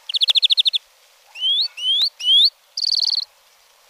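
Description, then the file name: European greenfinch singing a quick trill, then three separate rising whistled notes, then a higher buzzy trill, with one more note starting just as it ends. "Verdier"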